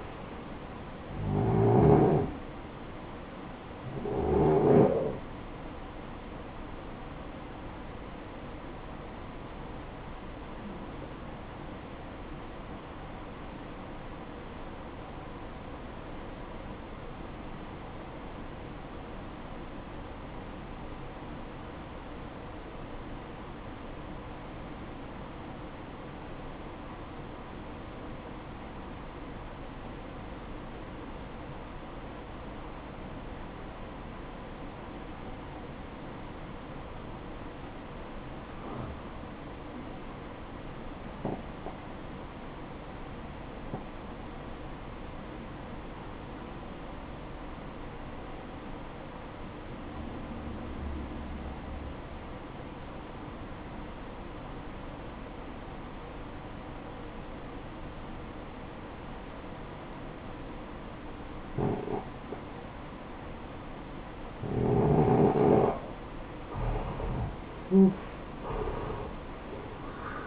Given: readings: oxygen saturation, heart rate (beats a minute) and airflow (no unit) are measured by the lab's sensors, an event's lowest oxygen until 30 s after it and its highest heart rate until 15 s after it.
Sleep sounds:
breathing in sleep by a voice recorder at the bedside; 1
12.00-65.60 s: obstructive apnea (REM, oxygen 93% highest, then 75% lowest, heart rate 57 at the start, 77 highest)
From the record:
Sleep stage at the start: REM sleep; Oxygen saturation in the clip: 79 to 93%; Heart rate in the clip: 48 to 74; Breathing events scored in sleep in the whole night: 573 in 9.8 hours asleep

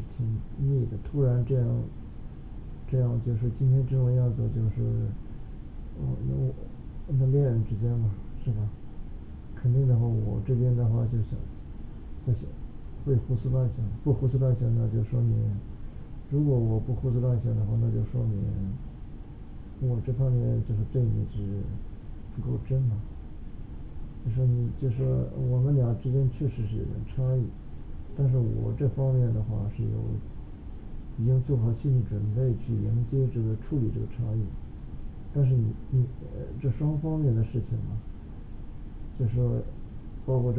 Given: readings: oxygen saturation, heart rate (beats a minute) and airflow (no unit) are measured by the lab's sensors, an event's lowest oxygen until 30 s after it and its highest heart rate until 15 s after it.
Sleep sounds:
a person awake in a sleep study, by a smartphone at the bedside; none
0.00-40.59 s: awake
From the record:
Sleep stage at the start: awake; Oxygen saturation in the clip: 96 to 98%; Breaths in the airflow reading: 13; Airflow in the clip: -3.8 to 4.3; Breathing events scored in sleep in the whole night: 216 in 7.0 hours asleep

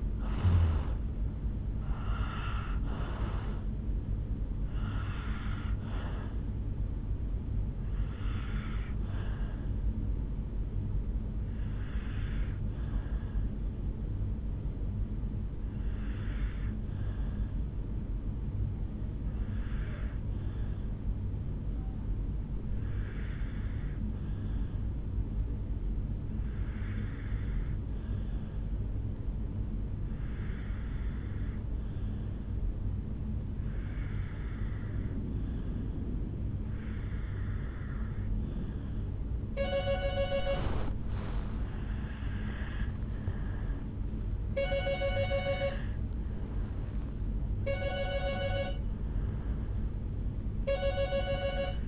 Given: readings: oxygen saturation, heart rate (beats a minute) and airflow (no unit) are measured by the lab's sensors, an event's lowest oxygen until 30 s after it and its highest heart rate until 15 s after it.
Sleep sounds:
breathing in sleep by a smartphone at the bedside; 1
16.00-40.60 s: obstructive apnea (N2, oxygen 98% highest, then 89% lowest, heart rate 55 at the start, 67 highest)
42.00-51.88 s: new sleep stage, N1 (lightest sleep)
From the record:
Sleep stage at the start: N2 (light sleep); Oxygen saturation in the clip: 79 to 98%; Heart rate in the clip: 53 to 71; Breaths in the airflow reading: 6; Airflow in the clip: -8.0 to 5.2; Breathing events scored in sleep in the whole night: 449 in 7.0 hours asleep

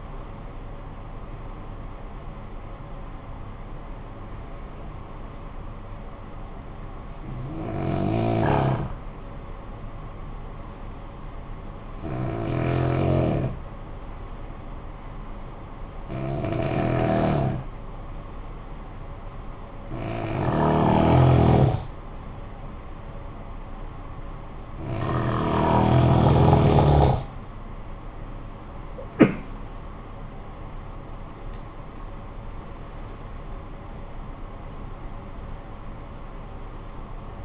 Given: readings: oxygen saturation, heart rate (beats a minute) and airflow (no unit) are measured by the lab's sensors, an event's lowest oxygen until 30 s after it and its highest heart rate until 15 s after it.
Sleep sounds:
breathing in sleep by a smartphone at the bedside; 1
13.00-23.50 s: hypopnea (N1, oxygen 95% highest, then 91% lowest, heart rate 53 at the start, 80 highest)
From the record:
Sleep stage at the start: N1 (lightest sleep); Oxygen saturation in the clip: 89 to 95%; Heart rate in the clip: 52 to 80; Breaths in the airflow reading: 8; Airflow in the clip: -13.5 to 12.5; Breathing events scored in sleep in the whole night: 445 in 7.6 hours asleep

